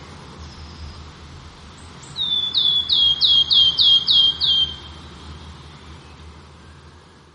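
Wood warbler giving a series of about eight clear, descending piping whistles, evenly spaced and slightly slurred downward, with a soft steady background hum.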